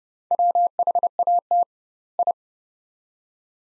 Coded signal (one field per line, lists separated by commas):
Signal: Morse code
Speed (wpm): 30 wpm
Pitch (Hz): 700 Hz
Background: none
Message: WHAT I